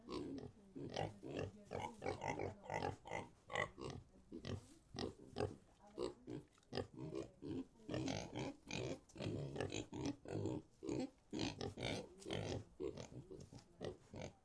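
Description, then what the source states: Pigs grunting continuously, quick harsh grunts at an uneven rhythm. In a pig sty.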